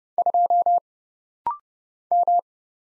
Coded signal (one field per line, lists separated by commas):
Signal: Morse code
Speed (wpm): 30 wpm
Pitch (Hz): 700 Hz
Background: none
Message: 2 M